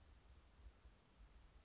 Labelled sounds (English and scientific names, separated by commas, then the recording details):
Grasshopper Sparrow (Ammodramus savannarum)
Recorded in Sonoma County, California